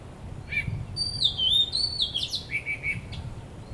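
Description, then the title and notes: Bird song: one rich phrase of sliding whistles that wavers up and down, ending in a few short repeated notes. Birds singing vigorously at Wu Kai Sha, Hong Kong, on 15 December 2006; recorded with AKG condenser microphones in XY stereo. "香港 烏溪沙 雀鳥勁唱歌 Date: 15 December 2006"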